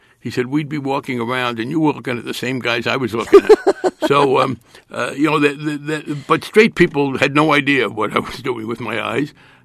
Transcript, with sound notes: He said we'd be walking around, and you were looking at the same guys I was looking at.
(Laughter).
So, you know, the - but straight people had no idea what I was doing with my eyes.